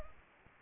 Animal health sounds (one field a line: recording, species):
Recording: mosquito wingbeat signal from an infrared sensor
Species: Anopheles arabiensis